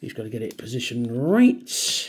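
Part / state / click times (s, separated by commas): plastic tab of a transforming action figure into its slot / not seated / none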